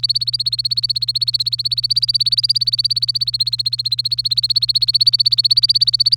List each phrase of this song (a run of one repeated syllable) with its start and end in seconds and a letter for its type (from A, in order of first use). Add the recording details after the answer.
0.00-6.17 A. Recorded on 24 April 2018 at 07:37. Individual llb3